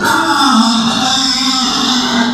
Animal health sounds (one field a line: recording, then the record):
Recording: squeal of a Yucatan mini pig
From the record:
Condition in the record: after surgery on the right vocal fold (resection and tissue-engineered implant)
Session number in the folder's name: 13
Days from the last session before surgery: 113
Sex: female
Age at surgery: 19 weeks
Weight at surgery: 25 kg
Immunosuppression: prednisolone